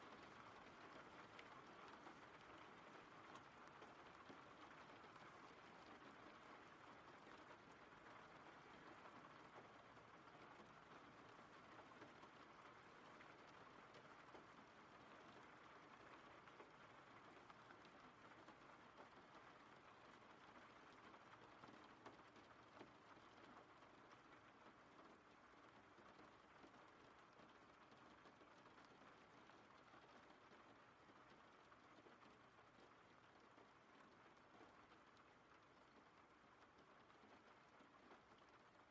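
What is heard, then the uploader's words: Rain falls steadily throughout, a dense, even hiss of drops with a faint low rumble underneath and no distinct separate events. RAIN SOUNDS.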